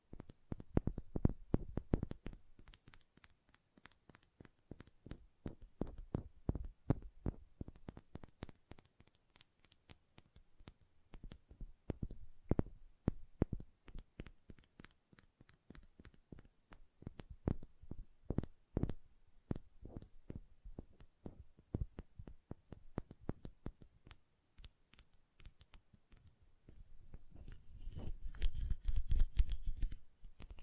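Hand sounds with quick fingernail taps. Sharp clicks come in dense bursts and short runs, pausing briefly between clusters, with some taps louder than others. Near the end the tapping gives way to a softer, continuous smeared rubbing, like lotion being worked between the hands.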